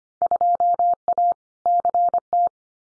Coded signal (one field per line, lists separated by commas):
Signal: Morse code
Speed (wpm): 25 wpm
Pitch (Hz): 700 Hz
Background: none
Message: 2A CT